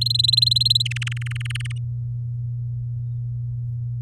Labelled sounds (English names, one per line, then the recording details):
Domestic Canary song
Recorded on 7 May 2018 at 15:29
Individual llb16